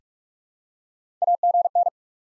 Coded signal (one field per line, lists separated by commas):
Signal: Morse code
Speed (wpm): 47 wpm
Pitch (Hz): 700 Hz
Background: none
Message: AGN